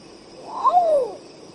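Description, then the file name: Long-tailed potoo song: a single mournful whistle that starts with a brief rising note, then slurs steadily downward, against a faint steady insect hum. "canto do urutau pardo"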